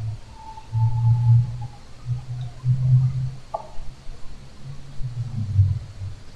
Snoring in this clip at 2:45 in the morning.